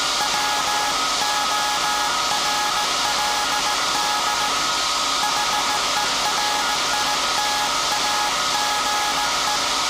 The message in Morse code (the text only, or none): WORLD HERITAGE